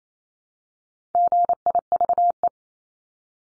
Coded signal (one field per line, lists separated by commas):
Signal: Morse code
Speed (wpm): 28 wpm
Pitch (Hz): 700 Hz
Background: none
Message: GIVE